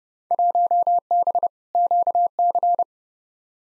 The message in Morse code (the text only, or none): 1B QC